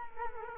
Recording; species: mosquito wingbeat signal from an infrared sensor; Culex quinquefasciatus